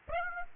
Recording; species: mosquito wingbeat signal from an infrared sensor; Aedes aegypti